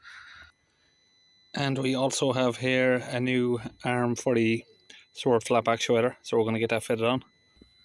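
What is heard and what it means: A new plastic arm for the swirl flap actuator of a Volvo XC90 D5 diesel engine is handled before being pressed onto the intake manifold swirl flap linkage, while someone talks after a brief faint tone at the start. The arm has not clipped into place yet, and no click is heard.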